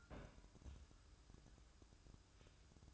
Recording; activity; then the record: daily activity, microphone in the room; place on stove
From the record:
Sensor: 2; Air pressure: 1007.8 hPa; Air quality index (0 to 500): 102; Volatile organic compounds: 1 ppm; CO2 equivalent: 767 ppm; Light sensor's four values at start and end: 6/15/6/6 and 6/15/6/6